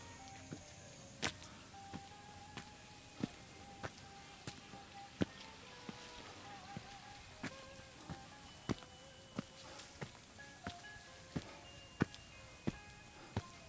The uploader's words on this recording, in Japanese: 環境音 夏山を歩く。